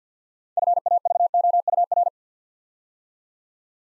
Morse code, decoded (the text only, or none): FAVOUR